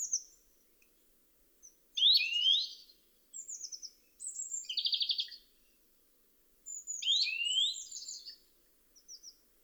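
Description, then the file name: European greenfinch calls and twitters: rising upslurred notes, a fast buzzy trill, and high thin chirps in loose series, with a faint quiet background. "Chloris chloris"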